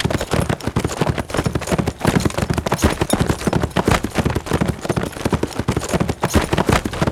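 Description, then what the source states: Horse galloping quickly, heavy low hoofbeats in regular rolling groups, nothing else clearly heard. Steady fast gallop on grass.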